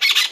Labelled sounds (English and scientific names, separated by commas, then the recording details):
Brown-throated Parakeet (Eupsittula pertinax) contact call
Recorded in Margarita
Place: Mangroves NW of Las Tetas de Ma. Guevara
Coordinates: 10.962, -64.143